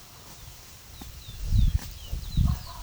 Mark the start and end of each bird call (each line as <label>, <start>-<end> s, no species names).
bird call, 0.95-2.83 s